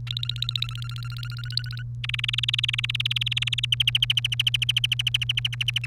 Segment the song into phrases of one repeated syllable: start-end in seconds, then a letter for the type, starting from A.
0.07-1.82 A, 2.04-3.65 B, 3.72-5.86 C